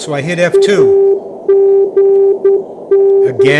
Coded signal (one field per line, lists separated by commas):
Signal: Morse code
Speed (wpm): 10 wpm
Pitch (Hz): 390 Hz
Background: speech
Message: AGN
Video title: Morse Runner 1